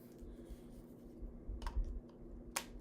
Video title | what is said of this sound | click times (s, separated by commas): Generation 2 Protection and Defense Lightsaber | snaps into place on the on the other activation plate you'll see a blue | 2.6 s